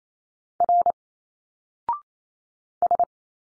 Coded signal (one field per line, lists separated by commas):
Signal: Morse code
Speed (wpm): 28 wpm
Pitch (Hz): 700 Hz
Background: none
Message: R S